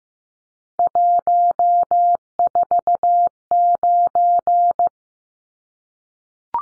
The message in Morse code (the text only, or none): 149